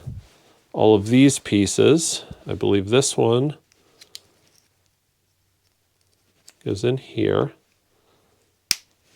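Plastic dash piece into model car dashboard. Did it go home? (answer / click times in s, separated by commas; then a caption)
yes / 8.7 s. A small plastic dashboard piece from a 1:8 scale Knight Rider KITT model kit is pressed into its place in the model car's dash, seating with one sharp, loud click at 8.7 s. Someone talks at the start and again around 6.5–7.5 s, with a few faint ticks of handling near 3.7–4.9 s.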